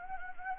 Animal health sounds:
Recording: mosquito wingbeat signal from an infrared sensor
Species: Anopheles gambiae

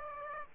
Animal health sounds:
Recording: mosquito wingbeat signal from an infrared sensor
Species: Aedes aegypti

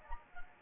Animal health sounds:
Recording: mosquito wingbeat signal from an infrared sensor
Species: Anopheles gambiae

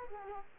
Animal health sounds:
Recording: mosquito wingbeat signal from an infrared sensor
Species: Culex quinquefasciatus

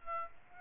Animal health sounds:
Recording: mosquito wingbeat signal from an infrared sensor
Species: Aedes aegypti

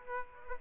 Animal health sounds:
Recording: mosquito wingbeat signal from an infrared sensor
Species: Aedes aegypti

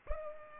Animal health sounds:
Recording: mosquito wingbeat signal from an infrared sensor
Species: Culex pipiens

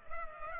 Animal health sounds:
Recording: mosquito wingbeat signal from an infrared sensor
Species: Culex pipiens

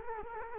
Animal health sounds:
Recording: mosquito wingbeat signal from an infrared sensor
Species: Culex quinquefasciatus

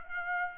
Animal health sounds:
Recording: mosquito wingbeat signal from an infrared sensor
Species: Aedes aegypti

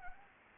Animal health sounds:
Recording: mosquito wingbeat signal from an infrared sensor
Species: Anopheles gambiae

